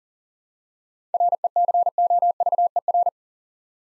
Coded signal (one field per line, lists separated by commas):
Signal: Morse code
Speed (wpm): 39 wpm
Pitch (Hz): 700 Hz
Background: none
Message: RECOVER